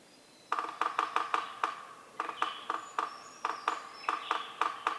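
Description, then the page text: Yellow-bellied Sapsucker drumming, an irregular series of hard knocks after a quiet start, with a brief pause midway. High thin bird calls are heard in the background. Community of several drummers on various substrates, stereo recording, Atlanta, Michigan, April 24, 2018, 6:22 to 6:50 a.m., beginning 15 minutes before sunrise (6:37 a.m.) and continuing after. "Yellow-bellied sapsucker: My favorite community of drummers, this one recorded beginning 15 minutes before sunrise and continuing well after."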